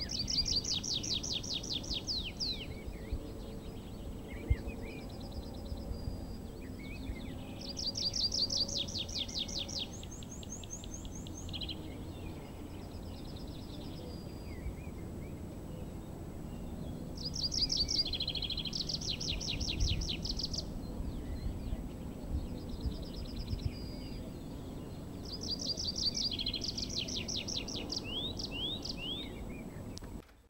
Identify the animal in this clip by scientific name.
Anthus trivialis